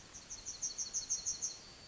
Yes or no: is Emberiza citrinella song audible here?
yes